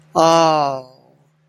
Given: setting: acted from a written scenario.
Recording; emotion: vocal sound without words; shame